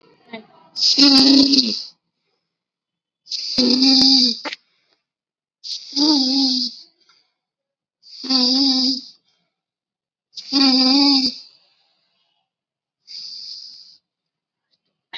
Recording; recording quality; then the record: deep breathing; excellent, no background noise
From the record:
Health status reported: COVID-19 positive, moderate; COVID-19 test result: positive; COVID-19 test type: RT-PCR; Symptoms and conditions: cough, fever, fatigue, muscle pain, loss of smell and taste, diabetes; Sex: male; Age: 39 years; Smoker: no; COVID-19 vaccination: both doses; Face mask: not worn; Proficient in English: no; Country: India